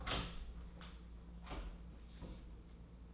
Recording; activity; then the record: daily activity, microphone in the room; open door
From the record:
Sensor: 1